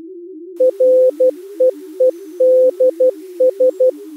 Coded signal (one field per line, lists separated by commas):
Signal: Morse code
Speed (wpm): 18 wpm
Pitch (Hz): 510 Hz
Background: music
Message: REEDS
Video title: Daily Minutes, December 6, 2015, with low level Contestia data and 8PSK1000